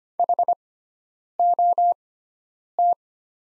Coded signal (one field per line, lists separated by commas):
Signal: Morse code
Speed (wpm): 25 wpm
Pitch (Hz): 700 Hz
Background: none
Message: HOT